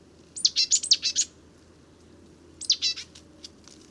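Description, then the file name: Great tit calls: two bursts of sharp, high chirping notes, a longer run and then a shorter one about two seconds later. "Mesange charbonniere cris"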